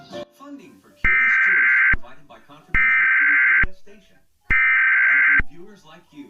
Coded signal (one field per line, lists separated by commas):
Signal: Emergency Alert System (SAME) tones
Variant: header bursts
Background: speech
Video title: PBS Kids Conunity With An Eas (October 23rd 2019)